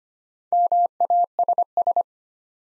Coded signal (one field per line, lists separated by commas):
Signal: Morse code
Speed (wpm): 25 wpm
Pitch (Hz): 700 Hz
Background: none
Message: MASS